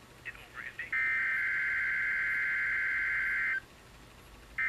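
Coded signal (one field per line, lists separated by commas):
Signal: Emergency Alert System (SAME) tones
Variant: header bursts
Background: speech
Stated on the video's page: Weekly test received on a Midland 74-210 weather radio, custom event setting failing; a Midland 12-259 also featured.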